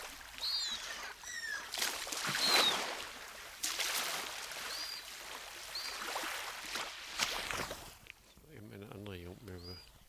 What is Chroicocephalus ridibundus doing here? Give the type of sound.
call